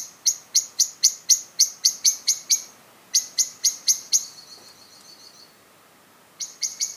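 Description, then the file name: Common blackbird giving runs of evenly spaced metallic chinks, the second trailing off into faint chatter, then a short fresh series after a pause. "Turdus merula"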